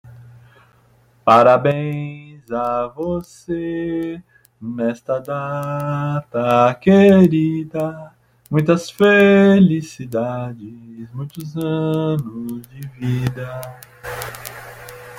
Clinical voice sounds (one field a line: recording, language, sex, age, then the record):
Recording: short text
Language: Brazilian Portuguese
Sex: male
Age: 40 to 49 years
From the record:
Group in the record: control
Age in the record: 46 years